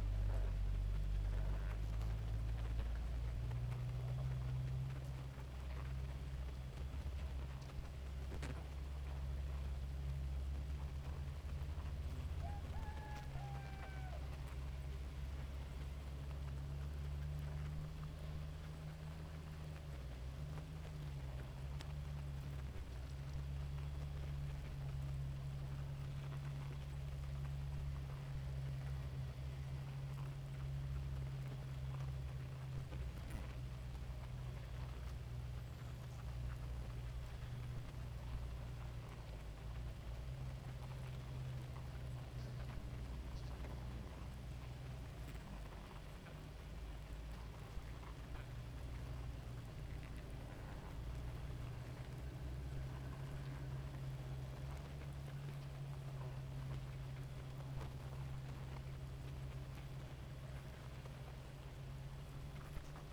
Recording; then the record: honeybee colony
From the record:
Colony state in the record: active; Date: 28 July 2017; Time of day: 2:43